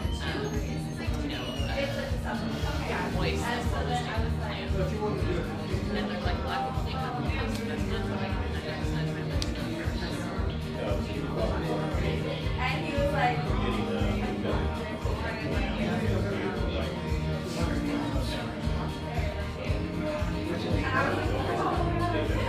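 Steady café murmur in a little Seattle coffee joint, overlapping voices talking continuously, with faint clinks and a constant low hum underneath.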